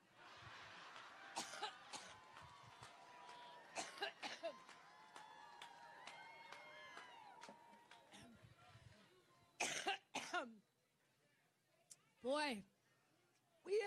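Repeated harsh cough bursts from a woman over crowd noise, a sustained coughing fit.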